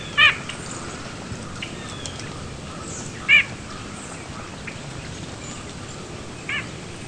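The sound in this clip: White-breasted nuthatch uttering isolated nasal honking notes, two clear calls about three seconds apart and a fainter third near the end, over a quiet hiss.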